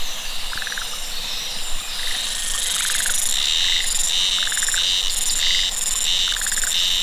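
Cicadas give a steady high whine that breaks into rhythmic pulsing buzzes, roughly two per second, while short rattling croaks sound now and then beneath.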